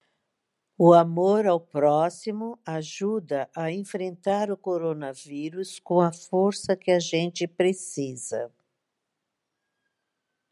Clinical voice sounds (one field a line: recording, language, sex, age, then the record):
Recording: spoken sentence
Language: Brazilian Portuguese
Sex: female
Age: 60 to 69 years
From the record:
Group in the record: control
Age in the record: 67 years